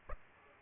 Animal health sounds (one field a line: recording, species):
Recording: mosquito wingbeat signal from an infrared sensor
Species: Aedes aegypti